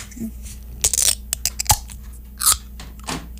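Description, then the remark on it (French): A can of Monster Energy Java Monster coffee drink being opened: a few light taps on the side of the can and clicks, then a sharp metallic crack of the tab with short bursts of fizzing hiss, fairly quiet overall. “Et on va écouter l'ouverture d'une canette de Monster Energy Java Monster Café Mamimimimimim.”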